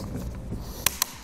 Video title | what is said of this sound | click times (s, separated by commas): etrailer - Yakima Roof Rack Installation - 2018 Nissan Pathfinder | you hear those audible clips you know it's tight enough take our end cap for our crossbar put | 0.9 s, 1.0 s